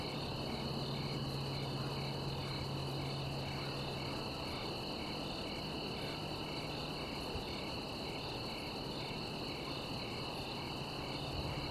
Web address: som de grilos no campo gravado perto da aldeia